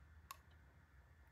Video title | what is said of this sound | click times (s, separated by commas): Installing the battery in to the Anglerfish Leak Detection Circuit | into place until it clicks | 0.3 s